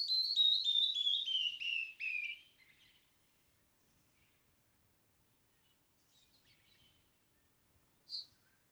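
Canyon wren song: a cascade of about a dozen clear whistled notes sliding steadily down the scale over two seconds, then quiet with one sharp high chip near the end.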